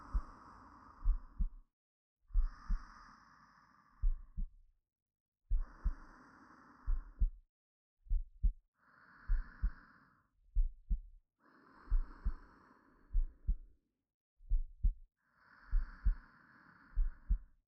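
Soft, slow, regular paired heartbeat thumps with slow breathing between them, heard with an ear against an adult's chest.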